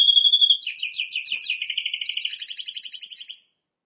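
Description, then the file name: Canary song phrase of quick repeated chirping trills, pulsing rapidly, ending abruptly after about three and a half seconds. "Canary Voice"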